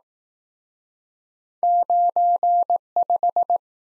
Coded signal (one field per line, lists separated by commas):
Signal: Morse code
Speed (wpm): 20 wpm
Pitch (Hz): 700 Hz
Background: none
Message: 95